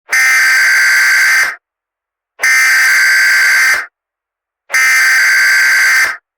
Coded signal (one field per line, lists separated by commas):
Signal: Emergency Alert System (SAME) tones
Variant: header bursts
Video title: Eastern Seaboard EAS